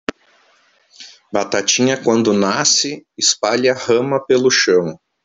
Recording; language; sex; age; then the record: short text; Brazilian Portuguese; male; 40 to 49 years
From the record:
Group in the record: control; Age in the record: 48 years